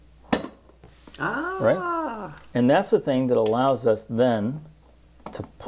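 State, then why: Seated. The grounds plunger of a Presto Dorothy Rapid Cold Brewer is pushed down through the empty carafe, and its little clip catches on the pin with a sharp click at 0.3 s, seating it. Someone then talks, and another brief tap is heard near 5.3 s.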